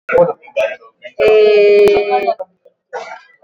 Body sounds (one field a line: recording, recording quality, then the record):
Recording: sustained vowel as in made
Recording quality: moderate, slight background noise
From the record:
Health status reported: exposed to COVID-19, no respiratory illness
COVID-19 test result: negative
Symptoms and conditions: none ticked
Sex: female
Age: 54 years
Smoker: not ticked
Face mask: not worn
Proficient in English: yes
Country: India